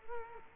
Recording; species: mosquito wingbeat signal from an infrared sensor; Culex quinquefasciatus